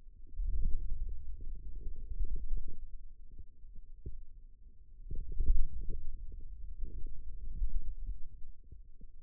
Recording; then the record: forearm muscle sounds (acoustic myography)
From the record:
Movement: wrist extension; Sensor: system 2, bracelet of six BSWA MPA416 microphones around the upper forearm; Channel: 2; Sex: male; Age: 22 years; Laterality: right